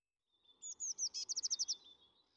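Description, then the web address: Eurasian blue tit giving a thin high note followed by a trill of about nine bright chirping notes that quickens after the first few, fading out on a faint high tone. "Fontainebleau Demo. blue tit"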